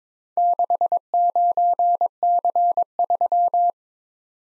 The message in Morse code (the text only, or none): 69C3